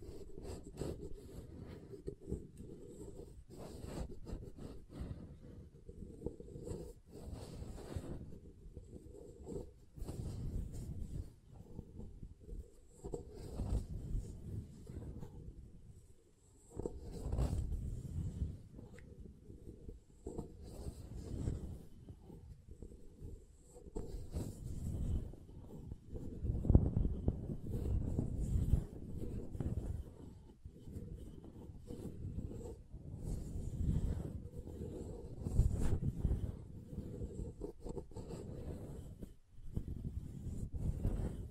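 Soap is tapped and carved in a steady run of muffled, low thuds and soft scraping strokes that continue with little pause. Occasional sharper clicks cut through, and a dull rumble sits underneath, briefly easing around the sixteen-second mark.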